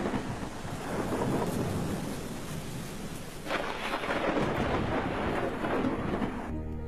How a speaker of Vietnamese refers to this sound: chỉ còn lại tiếng mưa gió văng vẳng đâu đó